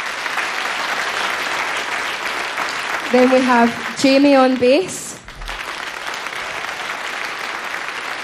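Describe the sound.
Steady, dense audience applause for a band's keyboard player at the end of a concert broadcast on radio fills the whole stretch at an even, loud level while a man speaks briefly over it through an amplified voice midway through.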